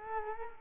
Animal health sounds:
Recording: mosquito wingbeat signal from an infrared sensor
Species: Culex quinquefasciatus

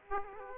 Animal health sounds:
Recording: mosquito wingbeat signal from an infrared sensor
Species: Aedes aegypti

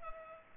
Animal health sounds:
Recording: mosquito wingbeat signal from an infrared sensor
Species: Culex pipiens

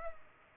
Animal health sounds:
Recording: mosquito wingbeat signal from an infrared sensor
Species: Culex pipiens

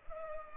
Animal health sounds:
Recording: mosquito wingbeat signal from an infrared sensor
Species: Culex pipiens

